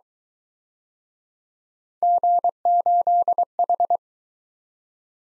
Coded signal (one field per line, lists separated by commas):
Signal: Morse code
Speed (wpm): 24 wpm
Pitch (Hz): 700 Hz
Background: none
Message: G8H